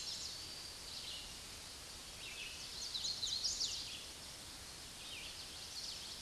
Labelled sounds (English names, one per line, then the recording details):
Red-eyed Vireo song
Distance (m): 25 m
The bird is about 5 m above the microphone
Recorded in a Pennsylvania forest on 16 May 2024 at 06:15
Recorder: AudioMoth, point MSD-2208
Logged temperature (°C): 15.2 °C
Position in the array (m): 155 m, 65 m